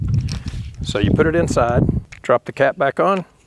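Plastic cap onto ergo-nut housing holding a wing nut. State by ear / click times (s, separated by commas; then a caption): not seated / none. Someone talks while placing a stainless steel wing nut inside a plastic ergo-nut housing and dropping the plastic cap back on, with a few faint handling ticks near the start. The clip ends before the cap snaps onto the housing, so nothing has seated or clicked yet.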